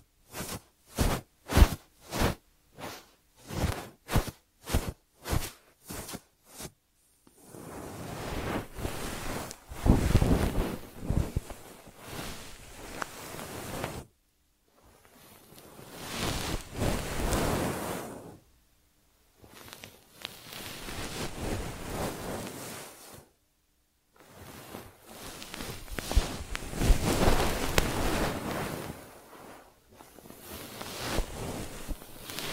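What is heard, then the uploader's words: An ASMR ear treatment opens with a quick, even run of about a dozen sharp taps or clicks over the first seven seconds. Then come long rustling, crackling swells, each several seconds long, separated by brief silences and rising and falling in loudness. ASMR 3D Brain Penetrating Ear Treatment.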